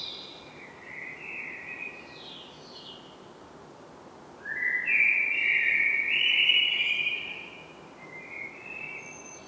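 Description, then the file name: Common blackbird with a few soft phrases at first, then a louder sustained, slightly rising tonal note of about three seconds, followed by a quieter trailing phrase. "Turdus merula"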